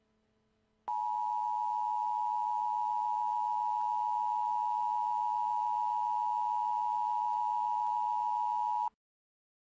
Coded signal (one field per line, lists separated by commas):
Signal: Emergency Alert System (SAME) tones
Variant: 853 and 960 Hz attention tone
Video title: EAS Scenario #2 Global Hurricane